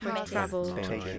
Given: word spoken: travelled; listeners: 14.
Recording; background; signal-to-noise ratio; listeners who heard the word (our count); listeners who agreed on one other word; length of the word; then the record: one English word in noise, from a listening test; four-talker babble; 0.9 dB; 0 of 14; 9 of 14; 0.79 s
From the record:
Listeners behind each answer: 9, 2, 1, 1, 1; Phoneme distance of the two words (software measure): 7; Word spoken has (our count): 2 syllables, 6 phonemes, stress on syllable 1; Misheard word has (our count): 2 syllables, 5 phonemes, stress on syllable 1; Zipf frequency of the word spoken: 4.40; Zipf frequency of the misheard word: 4.82